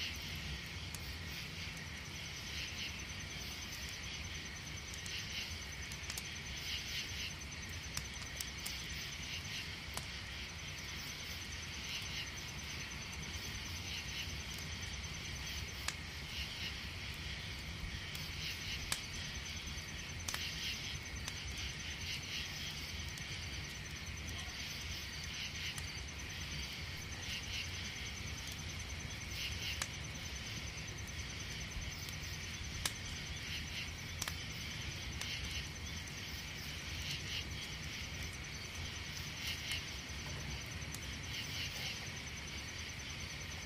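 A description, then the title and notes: A campfire crackles steadily, with sharp pops scattered every few seconds, over a constant low rumble. Crickets chirp in a thin, bright, unbroken layer throughout, and the whole scene stays level from start to finish. CAMPFIRE AMBIENCE. The sound of a cozy campfire and the distant chirping of crickets.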